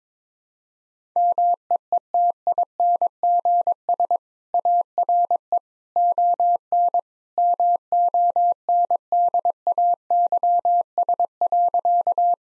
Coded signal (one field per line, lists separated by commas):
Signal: Morse code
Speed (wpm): 22 wpm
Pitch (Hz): 700 Hz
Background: none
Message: MEETINGS ARE ON MONDAYS.